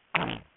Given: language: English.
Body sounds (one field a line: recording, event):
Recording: throat vibration sensor signal played as sound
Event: throat clearing